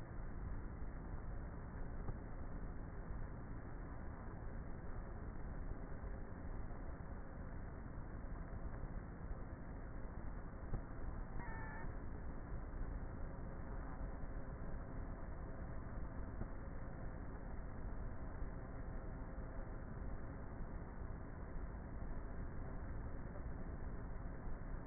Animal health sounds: honeybee colony, microphone inside the hive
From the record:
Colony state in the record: queenless with a low population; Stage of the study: before two queens were removed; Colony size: about 30,000 bees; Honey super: no

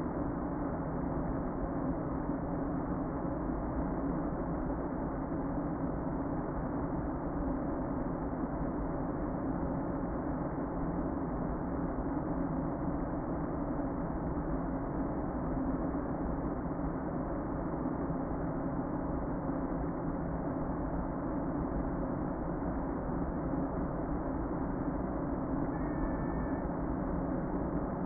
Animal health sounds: honeybee colony, microphone inside the hive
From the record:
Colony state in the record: queen present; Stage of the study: before two queens were removed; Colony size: about 60,000 bees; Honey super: yes

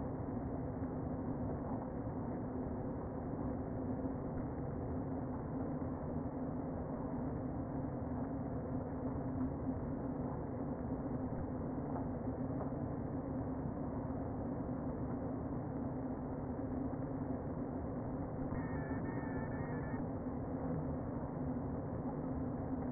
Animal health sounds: honeybee colony, microphone inside the hive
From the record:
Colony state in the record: queen present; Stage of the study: before two queens were removed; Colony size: about 60,000 bees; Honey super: yes

